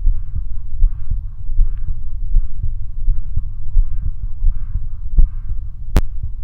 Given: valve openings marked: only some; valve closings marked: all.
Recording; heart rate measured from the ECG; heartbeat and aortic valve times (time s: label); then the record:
heart sounds by stethoscope; 82 bpm
0.07 s: heartbeat (ECG mark)
0.12 s: aortic valve opens (echo mark)
0.37 s: aortic valve closes (echo mark)
0.83 s: heartbeat (ECG mark)
0.87 s: aortic valve opens (echo mark)
1.13 s: aortic valve closes (echo mark)
1.60 s: heartbeat (ECG mark)
1.64 s: aortic valve opens (echo mark)
1.89 s: aortic valve closes (echo mark)
2.35 s: heartbeat (ECG mark)
2.39 s: aortic valve opens (echo mark)
2.65 s: aortic valve closes (echo mark)
3.09 s: heartbeat (ECG mark)
3.13 s: aortic valve opens (echo mark)
3.38 s: aortic valve closes (echo mark)
3.77 s: heartbeat (ECG mark)
3.82 s: aortic valve opens (echo mark)
4.07 s: aortic valve closes (echo mark)
4.47 s: heartbeat (ECG mark)
4.51 s: aortic valve opens (echo mark)
4.77 s: aortic valve closes (echo mark)
5.21 s: heartbeat (ECG mark)
5.25 s: aortic valve opens (echo mark)
5.51 s: aortic valve closes (echo mark)
5.96 s: heartbeat (ECG mark)
6.25 s: aortic valve closes (echo mark)
From the record:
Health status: healthy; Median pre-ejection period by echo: 45 ms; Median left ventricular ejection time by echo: 254 ms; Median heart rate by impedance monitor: 72 bpm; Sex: female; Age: 20 years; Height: 170 cm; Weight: 60 kg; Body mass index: 20.76